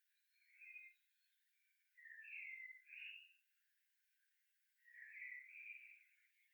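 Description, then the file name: Common blackbird song: a short fluty note, then a pair of warbled phrases, and after a gap a longer mellow warble. "Turdus merula"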